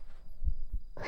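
A normal adult heartbeat, heard close up: two low thuds about a quarter second apart.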